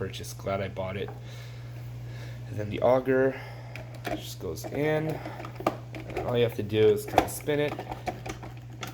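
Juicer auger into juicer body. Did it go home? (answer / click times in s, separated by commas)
no / none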